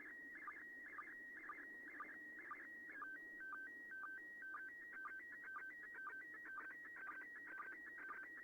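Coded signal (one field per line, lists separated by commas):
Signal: SSTV (slow-scan television)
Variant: PD 120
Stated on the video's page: SSTV images received from the International Space Station.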